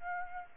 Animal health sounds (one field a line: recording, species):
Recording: mosquito wingbeat signal from an infrared sensor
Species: Aedes aegypti